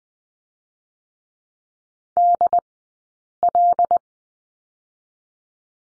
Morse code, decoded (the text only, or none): DL